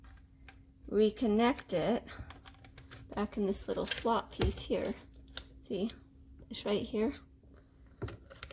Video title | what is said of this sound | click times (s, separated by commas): Fixing Window that went off Track | go ahead and connect that back in there and just clicks right in okay | 8.0 s, 8.4 s